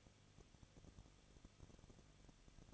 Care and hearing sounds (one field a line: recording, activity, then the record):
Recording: daily activity, microphone in the room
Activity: no activity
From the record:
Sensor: 4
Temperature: 23.1 degrees Celsius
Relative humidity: 34.3%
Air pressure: 1007.2 hPa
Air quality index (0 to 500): 216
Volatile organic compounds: 15 ppm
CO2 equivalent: 2500 ppm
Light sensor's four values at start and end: 2/3/1/1 and 2/3/1/1